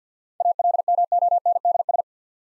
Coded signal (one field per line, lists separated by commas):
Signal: Morse code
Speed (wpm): 50 wpm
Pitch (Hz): 700 Hz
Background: none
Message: ALMONDS